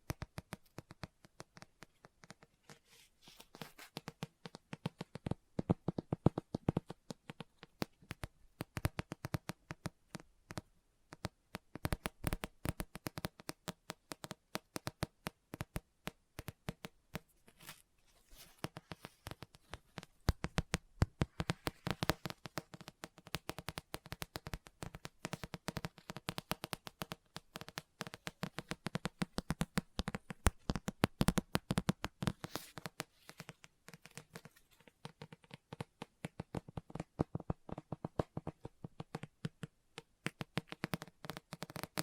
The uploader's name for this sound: Book Tapping, Scratching, Page Turning